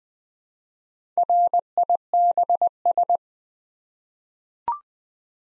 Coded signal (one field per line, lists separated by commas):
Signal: Morse code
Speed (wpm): 20 wpm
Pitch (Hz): 700 Hz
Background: none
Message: RIBS